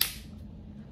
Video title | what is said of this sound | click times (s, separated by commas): Replacement Unger Pole Locking Cone Tip - How To | hear the click there but you can hear it there okay so now this this tip is nice and snug in place | 0.0 s